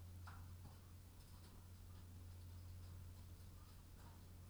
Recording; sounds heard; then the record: poultry house recording; sick chickens (respiratory disease)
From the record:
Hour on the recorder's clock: 21